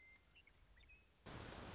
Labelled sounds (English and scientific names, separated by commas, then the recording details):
Western Meadowlark (Sturnella neglecta)
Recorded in Sonoma County, California